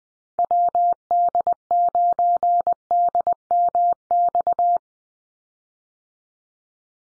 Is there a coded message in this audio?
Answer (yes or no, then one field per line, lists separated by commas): yes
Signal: Morse code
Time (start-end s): 0.4-4.8 s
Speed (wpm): 20 wpm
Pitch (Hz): 700 Hz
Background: none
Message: WD9DMX